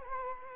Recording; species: mosquito wingbeat signal from an infrared sensor; Culex quinquefasciatus